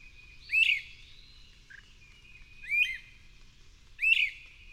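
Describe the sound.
Bird song: three sharp phrases of sweeping notes at uneven gaps, with a soft short note between and low background rumble.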